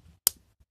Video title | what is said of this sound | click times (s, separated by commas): My favourite industrial connector (Ceeform). | you hear that click mmm good solid connection | 0.3 s